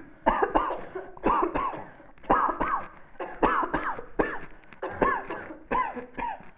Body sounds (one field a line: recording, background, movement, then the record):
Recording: voluntary coughing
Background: a bystander coughing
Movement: sitting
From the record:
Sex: female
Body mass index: 36.4 kg/m2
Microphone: on the chest, facing the body